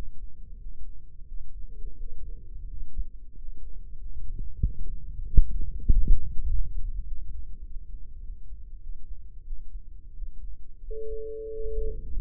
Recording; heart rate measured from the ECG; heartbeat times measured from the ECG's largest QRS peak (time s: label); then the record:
heart sounds by microphone in the left ear; 93 bpm
0.57 s: heartbeat
1.26 s: heartbeat
1.97 s: heartbeat
2.68 s: heartbeat
3.35 s: heartbeat
3.97 s: heartbeat
4.60 s: heartbeat
5.24 s: heartbeat
5.85 s: heartbeat
6.45 s: heartbeat
7.04 s: heartbeat
7.63 s: heartbeat
8.21 s: heartbeat
8.80 s: heartbeat
9.44 s: heartbeat
10.13 s: heartbeat
10.81 s: heartbeat
11.51 s: heartbeat
12.19 s: heartbeat
From the record:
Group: healthy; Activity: rest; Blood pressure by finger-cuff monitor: 93/61 mmHg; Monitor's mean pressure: 69 mmHg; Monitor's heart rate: 95 bpm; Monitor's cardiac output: 6 L/min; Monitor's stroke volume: 65 mL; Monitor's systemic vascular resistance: 810 dyn s/cm5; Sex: male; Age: 22 years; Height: 181 cm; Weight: 60 kg